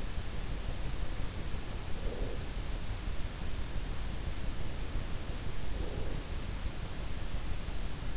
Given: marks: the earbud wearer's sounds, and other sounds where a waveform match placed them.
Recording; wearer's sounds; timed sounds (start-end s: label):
sounds in sleep by an in-ear microphone; breath
1.56-2.86 s: breath
5.48-6.63 s: breath